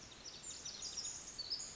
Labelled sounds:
Pacific Wren
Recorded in Sonoma County, California

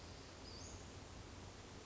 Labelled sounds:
Western Flycatcher
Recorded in Sonoma County, California

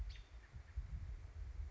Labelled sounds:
American Robin
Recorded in Sonoma County, California

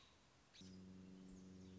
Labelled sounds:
American Robin
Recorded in Sonoma County, California

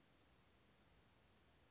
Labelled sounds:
Western Flycatcher
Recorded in Sonoma County, California

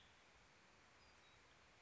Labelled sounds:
Western Tanager
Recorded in Sonoma County, California

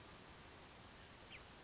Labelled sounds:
Chestnut-backed Chickadee
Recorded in Sonoma County, California

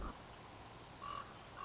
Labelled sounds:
Common Raven
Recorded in Sonoma County, California

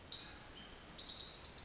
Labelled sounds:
Pacific Wren
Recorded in Sonoma County, California

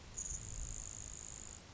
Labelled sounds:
Grasshopper Sparrow
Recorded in Sonoma County, California

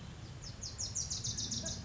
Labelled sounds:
Wilson's Warbler
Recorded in Sonoma County, California

